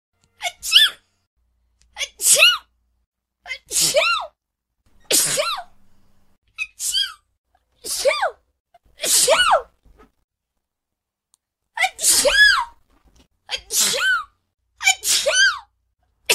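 An adult sneezing repeatedly: about ten sharp, bursting sneezes at irregular intervals over sixteen seconds.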